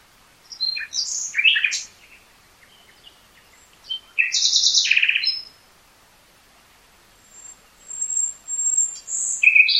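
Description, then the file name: Common nightingale song: varied sharp notes, a loud buzzy rattling phrase, then a thin high whistle and a final chattering burst. "Luscinia megarhynchos"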